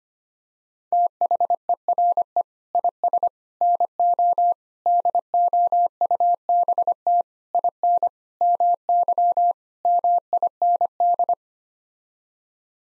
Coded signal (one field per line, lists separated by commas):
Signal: Morse code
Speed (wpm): 25 wpm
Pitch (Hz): 700 Hz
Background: none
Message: THERE IS NO DOUBT IN MY MIND